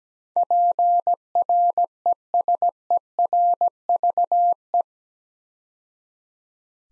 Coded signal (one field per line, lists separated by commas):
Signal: Morse code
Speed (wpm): 17 wpm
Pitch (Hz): 700 Hz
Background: none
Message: PRESERVE